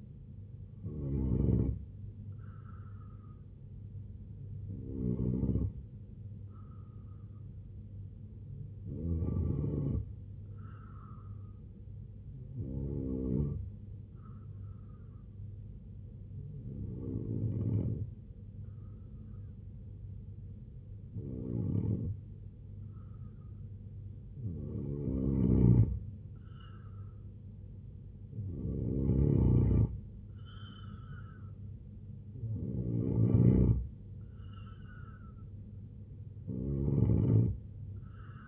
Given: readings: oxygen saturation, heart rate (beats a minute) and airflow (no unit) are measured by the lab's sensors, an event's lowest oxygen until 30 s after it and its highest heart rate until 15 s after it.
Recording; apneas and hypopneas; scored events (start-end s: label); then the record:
breathing in sleep by a smartphone at the bedside; 1
10.00-27.00 s: hypopnea (N2, oxygen 92% highest, then 87% lowest, heart rate 69 at the start, 79 highest)
From the record:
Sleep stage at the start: N2 (light sleep); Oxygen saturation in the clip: 87 to 92%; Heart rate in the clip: 69 to 79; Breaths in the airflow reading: 10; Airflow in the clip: -3.1 to 5.7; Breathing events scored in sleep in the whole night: 258 in 7.4 hours asleep